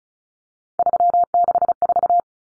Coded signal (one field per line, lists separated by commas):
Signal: Morse code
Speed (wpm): 34 wpm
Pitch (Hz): 700 Hz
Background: none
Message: 364